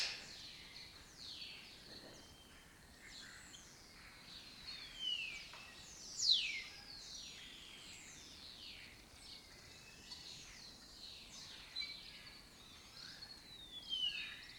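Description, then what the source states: Lesser kestrels in a colony giving many sharp, downward-slurred high calls at irregular intervals throughout. Breeding colony in an abandoned building complex in Doñana, southern Europe; migratory raptor that forages in West Africa.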